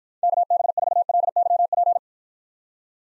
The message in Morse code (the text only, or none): KB4LYP